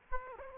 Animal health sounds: mosquito wingbeat signal from an infrared sensor; Aedes aegypti

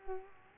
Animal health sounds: mosquito wingbeat signal from an infrared sensor; Culex quinquefasciatus

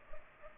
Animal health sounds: mosquito wingbeat signal from an infrared sensor; Culex pipiens

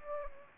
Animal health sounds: mosquito wingbeat signal from an infrared sensor; Anopheles gambiae

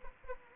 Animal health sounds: mosquito wingbeat signal from an infrared sensor; Anopheles arabiensis

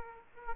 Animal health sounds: mosquito wingbeat signal from an infrared sensor; Aedes aegypti

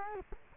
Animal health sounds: mosquito wingbeat signal from an infrared sensor; Culex quinquefasciatus

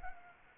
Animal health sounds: mosquito wingbeat signal from an infrared sensor; Anopheles arabiensis

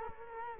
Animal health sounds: mosquito wingbeat signal from an infrared sensor; Culex quinquefasciatus

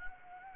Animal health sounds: mosquito wingbeat signal from an infrared sensor; Anopheles gambiae

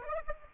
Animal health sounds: mosquito wingbeat signal from an infrared sensor; Aedes aegypti

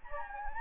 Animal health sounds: mosquito wingbeat signal from an infrared sensor; Anopheles gambiae

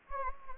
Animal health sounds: mosquito wingbeat signal from an infrared sensor; Anopheles gambiae

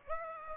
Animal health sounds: mosquito wingbeat signal from an infrared sensor; Aedes aegypti

